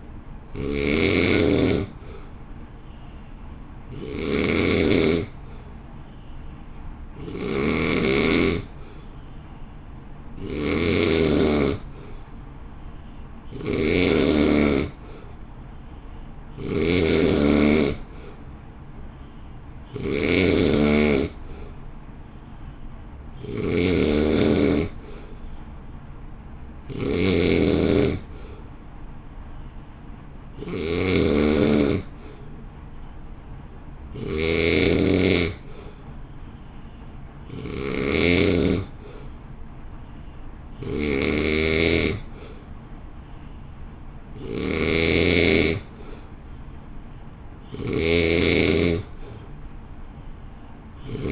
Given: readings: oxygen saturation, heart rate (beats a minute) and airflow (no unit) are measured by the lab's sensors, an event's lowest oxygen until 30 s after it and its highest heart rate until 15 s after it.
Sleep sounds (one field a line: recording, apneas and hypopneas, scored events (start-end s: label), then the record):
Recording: breathing in sleep by a smartphone at the bedside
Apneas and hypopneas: none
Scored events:
none scored
From the record:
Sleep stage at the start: N2 (light sleep)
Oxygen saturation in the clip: 87 to 89%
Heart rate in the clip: 55 to 60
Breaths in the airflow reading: 16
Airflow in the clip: -1.7 to 1.0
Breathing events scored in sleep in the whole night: 328 in 6.3 hours asleep